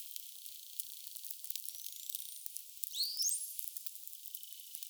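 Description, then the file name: Bottlenose dolphin whistles and clicks: steady rapid clicking throughout, a thin rising whistle near two seconds, then a steeper upswept whistle around three seconds. "CIAN GRAND DAUPHIN"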